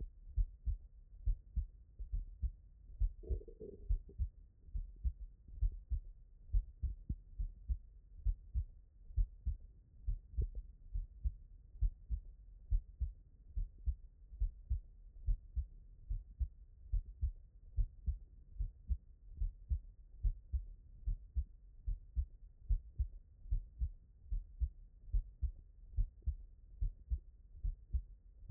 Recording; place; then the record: heart sounds by stethoscope; tricuspid valve (TV)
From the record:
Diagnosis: HFrEF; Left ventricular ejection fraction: 40%